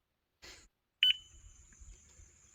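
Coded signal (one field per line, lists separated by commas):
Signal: beep code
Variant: Mighty Mule gate opener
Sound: a brief noise burst, then one short high electronic beep with ringing tail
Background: quiet outdoor background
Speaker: Happens, I'd say about once every three seconds.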